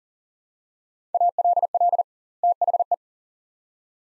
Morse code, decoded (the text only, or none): ALL THE